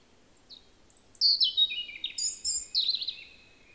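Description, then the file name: European robin phrase of descending thin whistles and silvery twitters, varied and fast, with quiet surroundings. "Erithacus rubecula"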